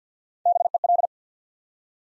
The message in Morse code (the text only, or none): BEL